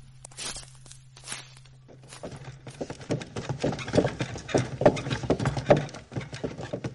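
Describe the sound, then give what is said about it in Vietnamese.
An ox's hooves clop along in an uneven, plodding rhythm as a slow, swaying ox cart travels, coming in after a couple of seconds over a low steady hum and growing louder, with no voices. “Lý Thiên Thanh cùng với Hắc Oa còn ở trên xe bò. Xe bò đi chậm lắc lư”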